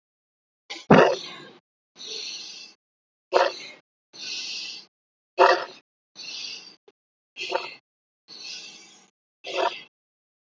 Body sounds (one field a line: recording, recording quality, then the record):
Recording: deep breathing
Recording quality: excellent, no background noise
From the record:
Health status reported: healthy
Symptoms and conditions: none ticked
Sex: female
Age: 20 years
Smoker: not ticked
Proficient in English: yes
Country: India